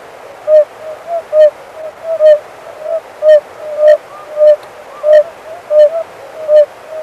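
Oriental fire-bellied toad calls: loud, rounded hoot notes about every two-thirds of a second, with quieter notes between them and faint ticks.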